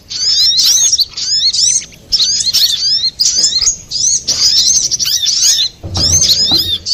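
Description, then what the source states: Little spiderhunter song given in bursts about a second long, each a cluster of sharp, high, sweeping notes, with short gaps and a low thud near the end. Master recording for training cage birds.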